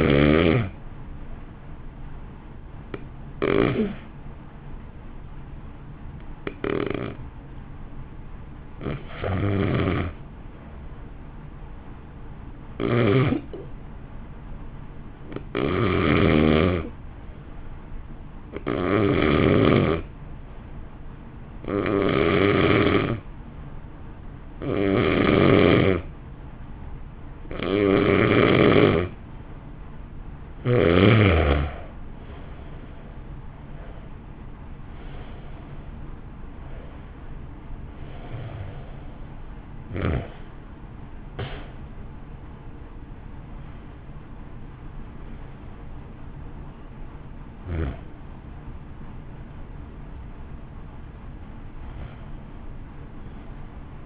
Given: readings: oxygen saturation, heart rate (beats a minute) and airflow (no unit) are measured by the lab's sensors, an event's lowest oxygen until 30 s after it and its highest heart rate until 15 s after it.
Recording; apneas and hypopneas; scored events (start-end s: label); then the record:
breathing in sleep by a smartphone at the bedside; 1
2.00-32.00 s: new sleep stage, N2 (light sleep)
3.00-33.30 s: hypopnea (N2, oxygen 95% highest, then 86% lowest, heart rate 53 at the start, 61 highest)
32.00-54.06 s: new sleep stage, N1 (lightest sleep)
From the record:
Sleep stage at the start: N1 (lightest sleep); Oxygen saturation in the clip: 86 to 95%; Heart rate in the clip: 50 to 61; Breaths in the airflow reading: 16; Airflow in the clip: -1.3 to 1.7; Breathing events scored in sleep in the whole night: 328 in 6.3 hours asleep